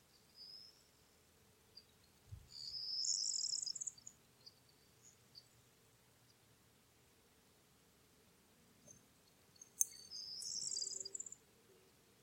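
Corn bunting song rises in two high, bright jangling bursts, one around three seconds and another near ten seconds, with a few faint chirps scattered between. A low steady hum and a soft thump near the start sit underneath.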